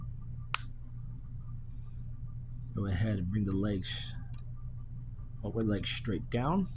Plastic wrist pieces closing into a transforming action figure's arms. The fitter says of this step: Take the wrists, close them up, and they will snap into place.